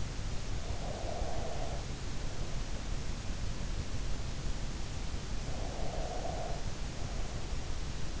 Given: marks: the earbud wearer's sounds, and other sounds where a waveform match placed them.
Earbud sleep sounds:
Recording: sounds in sleep by an in-ear microphone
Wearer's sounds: breath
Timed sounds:
0.41-3.59 s: breath
4.96-8.20 s: breath

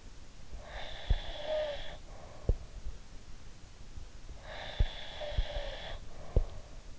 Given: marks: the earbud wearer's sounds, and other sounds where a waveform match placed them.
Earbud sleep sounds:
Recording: sounds in sleep by an in-ear microphone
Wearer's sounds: snoring breath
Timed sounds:
0.68-2.79 s: snoring breath
0.87-6.73 s: sound from someone else or the room
4.35-6.98 s: snoring breath

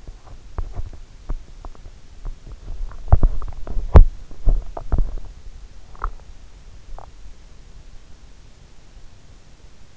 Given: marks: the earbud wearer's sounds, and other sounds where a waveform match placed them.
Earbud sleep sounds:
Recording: sounds in sleep by an in-ear microphone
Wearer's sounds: teeth grinding, swallowing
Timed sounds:
0.00-6.19 s: teeth grinding
6.75-7.19 s: swallowing

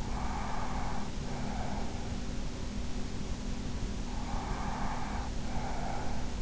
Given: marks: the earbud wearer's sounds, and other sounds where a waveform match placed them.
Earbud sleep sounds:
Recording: sounds in sleep by an in-ear microphone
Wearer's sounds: breath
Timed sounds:
0.00-2.08 s: breath
4.02-6.42 s: breath

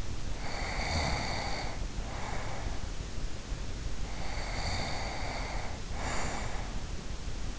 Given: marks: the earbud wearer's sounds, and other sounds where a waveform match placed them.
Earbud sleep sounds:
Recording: sounds in sleep by an in-ear microphone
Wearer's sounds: breath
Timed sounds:
0.32-2.79 s: breath
4.09-6.89 s: breath

